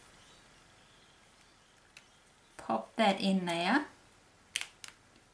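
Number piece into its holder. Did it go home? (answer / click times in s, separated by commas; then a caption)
yes / 4.6 s. A number die piece is popped into its slot in a craft holder and pushed past a layer until it clicks into place. Someone talks briefly, then a sharp click is heard at 4.6 s, followed by a faint tick around 4.8 s. The number piece is seated in its holder.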